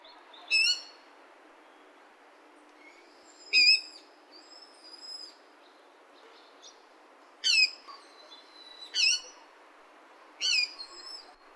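Water rail giving sharp, high, squealing notes that drop in pitch, spaced a few seconds apart over a faint steady hiss.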